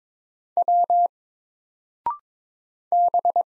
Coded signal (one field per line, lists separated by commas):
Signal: Morse code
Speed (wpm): 22 wpm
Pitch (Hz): 700 Hz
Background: none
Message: W B